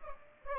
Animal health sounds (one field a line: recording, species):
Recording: mosquito wingbeat signal from an infrared sensor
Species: Aedes aegypti